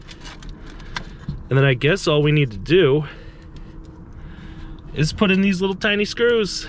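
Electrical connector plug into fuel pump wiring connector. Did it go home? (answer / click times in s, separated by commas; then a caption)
yes / 1.0 s. A fuel pump's electrical plug on a 1996 Toyota Camry is reconnected into its wiring connector after the grommet is in place, with a few light handling sounds before it. A short, sharp click at 1.0 s marks the plug seating. Someone then talks.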